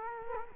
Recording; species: mosquito wingbeat signal from an infrared sensor; Culex quinquefasciatus